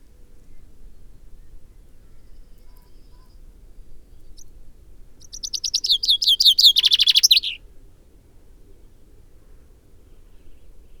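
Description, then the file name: Common Chaffinch song, one brisk cascading phrase of repeated chipping notes ending in a downslurred flourish, surrounded by several seconds of quiet. "Fringilla coelebs"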